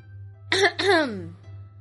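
A light two-part throat clearing, a quick rough burst followed by a longer voiced ahem that trails off, over a steady low hum, as a man steps into a matchmaker's shop.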